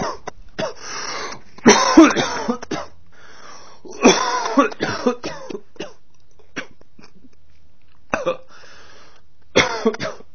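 About five bouts of harsh adult coughing, some in quick runs, separated by quiet pauses; a plain cough.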